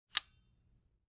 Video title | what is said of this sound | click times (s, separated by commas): Ronin MX Setup and Balancing | will hear it click when the safety latch engages | 0.2 s